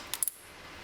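Another plastic push pin of the stock CPU cooler for an i3 2100 on a P8H61 motherboard is pressed into its mounting hole, giving a few short, bright snaps at 0.14, 0.23 and 0.28 seconds over a quiet background. The pin clicks in and is seated at 0.2 seconds.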